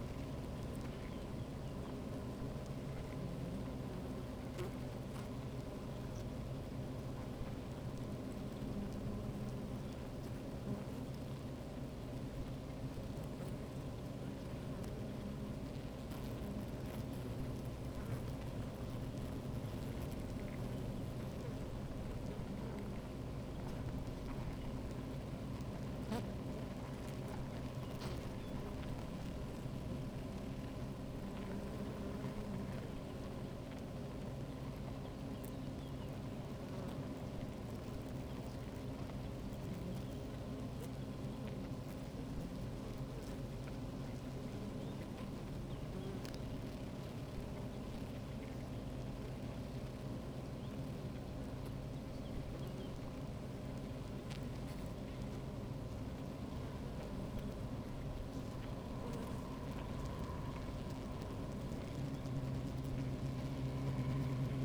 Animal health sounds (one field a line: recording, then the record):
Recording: honeybee colony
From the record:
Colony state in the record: active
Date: 28 July 2017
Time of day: 15:04